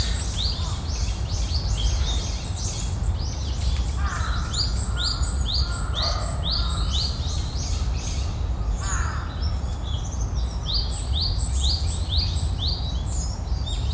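Birds call throughout, with many quick, bright chirps and twitters overlapping in dense bursts, strongest from about four to seven seconds and again near eleven to thirteen. A steady low rumble of wind or noise runs underneath the whole time.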